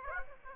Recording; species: mosquito wingbeat signal from an infrared sensor; Aedes aegypti